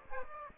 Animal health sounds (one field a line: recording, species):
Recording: mosquito wingbeat signal from an infrared sensor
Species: Aedes aegypti